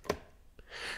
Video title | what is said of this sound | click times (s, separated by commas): Days Escape Lite // Explore Our Range | and that'll make a really nice satisfying click and that is now locked in | 0.1 s